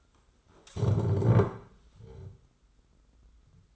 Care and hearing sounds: daily activity, microphone in the room; stand up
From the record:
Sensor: 3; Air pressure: 991.6 hPa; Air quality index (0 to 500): 170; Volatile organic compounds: 1000 ppm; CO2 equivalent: 5617 ppm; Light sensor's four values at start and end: 34/98/40/34 and 36/100/41/35

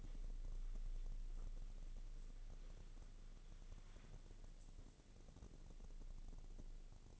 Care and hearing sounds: daily activity, microphone in the room; wipe stove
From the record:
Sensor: 4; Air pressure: 1001.3 hPa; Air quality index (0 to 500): 185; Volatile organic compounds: 3 ppm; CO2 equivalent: 1321 ppm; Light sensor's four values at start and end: 13/29/12/12 and 13/29/12/12

